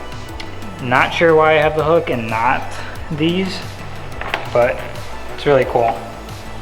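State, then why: Not seated. A swivelling seat belt buckle hook on the interior trim of a Nissan Laurel C33 RB25DET NEO is handled and moved while someone talks over faint background music. A few brief knocks are heard at about 0.4, 4.2 and 4.3 seconds. The hook has not locked into place yet, and nothing has seated or clicked.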